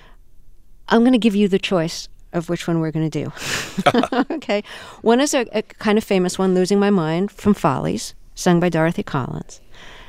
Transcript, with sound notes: I'm going to give you the choice of which one we're going to do (laughter), OK? One is a kind of famous one, "Losing My Mind" from "Follies," sung by Dorothy Collins.